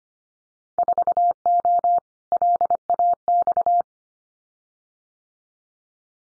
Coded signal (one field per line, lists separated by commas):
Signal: Morse code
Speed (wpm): 25 wpm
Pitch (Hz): 700 Hz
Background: none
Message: 4O LAX